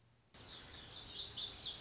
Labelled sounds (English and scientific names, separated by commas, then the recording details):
Lazuli Bunting (Passerina amoena)
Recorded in Sonoma County, California